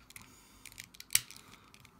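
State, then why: Seated. The front armor piece of a Bandai Myth Cloth EX Soul of Gold Taurus Aldebaran action figure is clipped shut, with small plastic ticks and handling taps leading up to a sharp click at 1.1 s. The front armor is seated and clipped closed.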